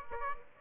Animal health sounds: mosquito wingbeat signal from an infrared sensor; Aedes aegypti

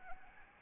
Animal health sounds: mosquito wingbeat signal from an infrared sensor; Anopheles arabiensis

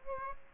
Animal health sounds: mosquito wingbeat signal from an infrared sensor; Aedes aegypti

